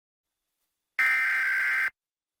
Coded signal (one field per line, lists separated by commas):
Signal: Emergency Alert System (SAME) tones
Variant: header bursts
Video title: Pennsylvania RMT for March 2025 [EAS #1,925-1,930]